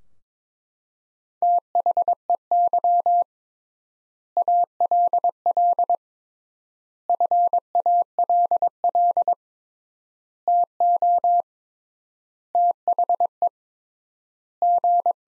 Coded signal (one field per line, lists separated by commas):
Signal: Morse code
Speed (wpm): 21 wpm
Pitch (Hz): 700 Hz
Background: none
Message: THEY ALL FALL TO THE G